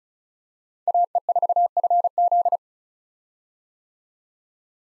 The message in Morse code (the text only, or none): AE4FZ